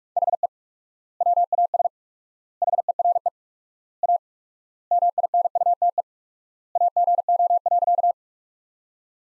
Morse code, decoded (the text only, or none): HE WAS HERE A MINUTE AGO.